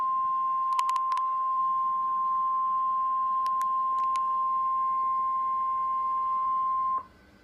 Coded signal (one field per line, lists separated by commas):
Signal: Emergency Alert System (SAME) tones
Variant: 1050 Hz attention tone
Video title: EAS Compilation: 2 TOA/1 TOR/2 FLW/8 SVR | NOAA Weather Radio (4/2/2014)